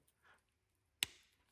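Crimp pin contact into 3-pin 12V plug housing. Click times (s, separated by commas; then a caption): 1.0 s. A crimped pin contact on a 6 mm² cable is pushed flat side up into a 3-pin 12 V plug housing, a 12 V 25 A connection on a VW T4. After a faint rustle around 0.3 s, a single sharp click sounds at 1.0 s with a short fading tail. The contact latches and sits nice and tight.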